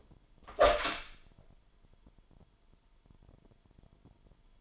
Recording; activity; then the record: daily activity, microphone in the room; open door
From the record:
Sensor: 5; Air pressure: 998.4 hPa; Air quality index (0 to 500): 82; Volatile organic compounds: 1 ppm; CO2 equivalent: 938 ppm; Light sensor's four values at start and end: 30/73/30/33 and 30/73/30/33